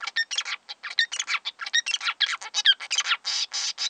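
Small bird giving rapid, busy chirps and twittering notes in quick succession, varied in pitch, with no other clear sounds.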